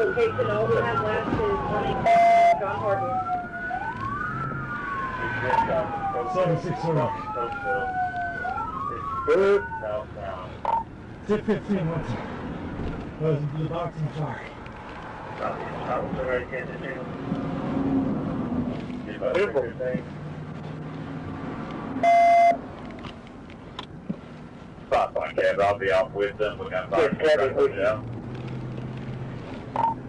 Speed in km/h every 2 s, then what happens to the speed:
0, 18, 18, 18, 16, 13, 11, 0, 0, 0, 0, 0, 0, 11, 19.
0-2 pulls away to 18. 2-7 steady at about 18. 7-13 slows to 0. 13-25 standing. 25-27 pulls away to 19.